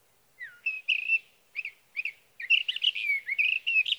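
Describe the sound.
Sage thrasher singing a rambling, warbled phrase of slurred whistles, with two short separate notes before a longer, dense, jumbled stretch of song.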